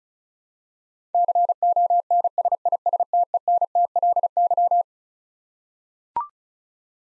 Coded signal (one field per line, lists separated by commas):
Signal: Morse code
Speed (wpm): 36 wpm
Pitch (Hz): 700 Hz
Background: none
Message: CONSISTENTLY